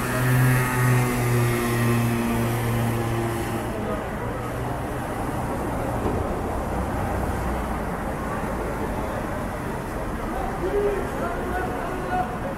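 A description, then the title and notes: A steady city ambience with constant traffic noise. A vehicle engine hums and revs through the first few seconds, its tone stepping in pitch, then fades into a denser, even wash of passing traffic. Faint voices may be mixed in. City ambience sounds.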